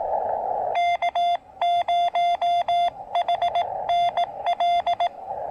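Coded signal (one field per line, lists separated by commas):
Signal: Morse code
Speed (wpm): 18 wpm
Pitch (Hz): 3500 Hz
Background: none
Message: K0HNL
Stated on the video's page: First Canadian Parks on the Air activation, on 30, 20 and 17 meters.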